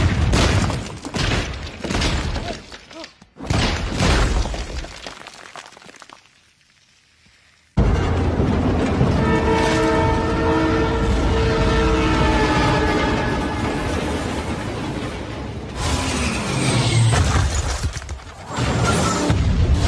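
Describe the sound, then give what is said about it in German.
A moving train rumbles loudly in video game action, with heavy bangs and crashing bursts, a short drop to near silence, then a steady roar carrying a sustained metallic whine. “Spieler wollen aus fahrenden Zügen in fliegende Helikopter springen und in die Höhe steigen, um gleich danach wieder abzustürzen, auf einem fahrenden Rennauto zu landen und durch die Botanik zu preschen.”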